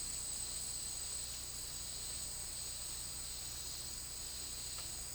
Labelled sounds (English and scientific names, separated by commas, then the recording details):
none
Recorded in dense forest near Puerto Asís, Putumayo, Colombia, on 19 March 2025 at 10:00
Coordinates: 0.503, -76.323
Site GP09